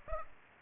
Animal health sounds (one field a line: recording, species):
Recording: mosquito wingbeat signal from an infrared sensor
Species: Aedes aegypti